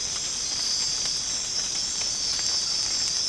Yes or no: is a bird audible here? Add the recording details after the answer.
no. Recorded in secondary vegetation near Puerto Asís, Putumayo, Colombia, on 8 March 2025 at 05:00. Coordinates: 0.485, -76.322. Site G040